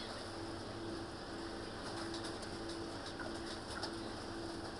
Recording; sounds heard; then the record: poultry house recording; healthy chickens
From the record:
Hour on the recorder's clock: 21